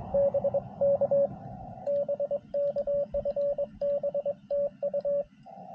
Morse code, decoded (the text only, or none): BK BK FB TU